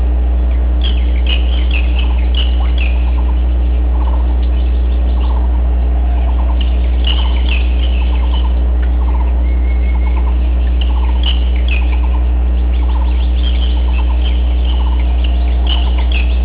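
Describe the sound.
Birds calling: many short chirps and squawks overlap and repeat throughout, set against a loud, constant low hum.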